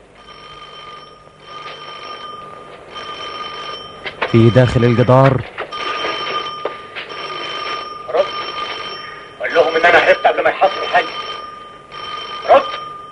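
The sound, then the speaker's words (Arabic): A telephone bell rings in repeated bursts in a radio broadcast of the film Port Said, each a steady high-pitched trill, with short gaps between. A man's voice cuts in briefly partway through, and other voices overlap near the end. “بعد ان تبين وجود تليفون”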